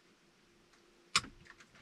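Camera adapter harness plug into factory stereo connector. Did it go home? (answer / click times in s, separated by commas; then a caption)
yes / 1.2 s. An Anytime backup camera harness plug is pushed into the factory connector behind the stereo of a 2020 Toyota Tundra. After a low, steady background hum, a sharp click at 1.2 s marks the plug seating, followed by a few faint handling ticks. The connector clicks in and is fully seated.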